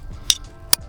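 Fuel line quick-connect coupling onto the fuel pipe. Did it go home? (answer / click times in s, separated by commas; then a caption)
yes / 0.3 s, 0.7 s. A fuel line quick-connect coupling on a lubricated fitting is pushed back together onto the fuel pipe, after practice with a release tool, in the engine bay of a GMH VX Commodore with a 3.8-litre Ecotec V6. Two sharp, bright clicks sound at 0.3 s and 0.7 s over a quiet background. The coupling snaps in and is seated.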